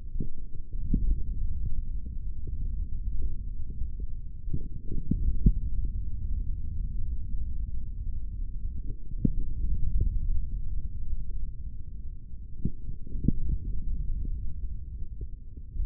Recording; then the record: forearm muscle sounds (acoustic myography)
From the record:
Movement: hand closing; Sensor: system 3, bracelet of six PUI Audio POM-2738L microphones around the upper forearm, with dedicated amplification and filtering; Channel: 6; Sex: male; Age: 23 years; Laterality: right